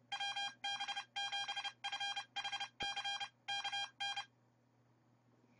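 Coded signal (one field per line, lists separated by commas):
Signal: Morse code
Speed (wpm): 29 wpm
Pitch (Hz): 3200 Hz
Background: none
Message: WB7FHC KN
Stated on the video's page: Morse sent from an Arduino project that uses a rotary encoder input interface with a send menu.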